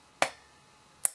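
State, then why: Seated. A plastic push pin of the stock Core i7 CPU cooler is pushed fully home into the motherboard mounting hole. A first, lower broadband click sounds at 0.2 s, then a sharper, high-pitched click at 1.1 s marks the pin locking in and the cooler fan seating.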